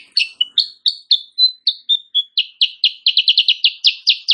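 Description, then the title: Sooty-headed bulbul giving a lively run of clear slurred notes, briefly slowing into thin whistles before quickening into a tight, rhythmic chatter. Morning singing in full vigorous form; used as a tutor song (masteran) for training songbirds, said to provoke rival birds into answering. "Masteran Kutilang Sutra. Kutilang Sutra GACOR pagi hari bikin lawannya AUTO NYAUT"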